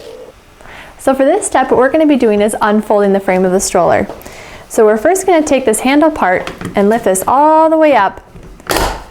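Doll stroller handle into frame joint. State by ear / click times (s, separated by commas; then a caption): seated / 8.7 s. Someone talks while the folding handle of a Badger Basket Voyage Twin Carriage doll stroller (99005) frame is lifted all the way up. At 8.7 s the handle clicks into place as the frame joint locks, a short sharp snap after the talking.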